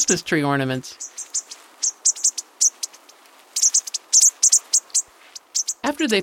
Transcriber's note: bushtit calls